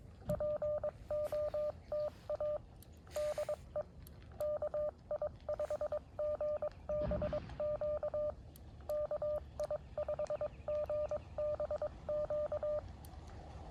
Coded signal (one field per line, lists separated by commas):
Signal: Morse code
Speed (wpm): 22 wpm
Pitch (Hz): 600 Hz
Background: none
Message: POTA DE KI5GBQ KI5GBQ